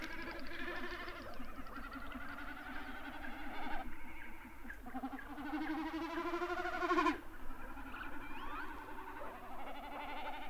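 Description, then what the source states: Common snipe drumming, a throbbing tremolo that swells and fades, amid dense bubbling and clicking from lekking great snipes and a low background rumble. Drumming common snipe recorded together with distant great snipes lekking.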